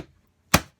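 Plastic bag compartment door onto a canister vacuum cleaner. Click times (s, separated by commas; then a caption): 0.5 s. A plastic bag compartment door on an Electrolux Harmony canister vacuum cleaner is closed over the installed bag. A single sharp broadband snap is heard at 0.5 s as the door seats in place.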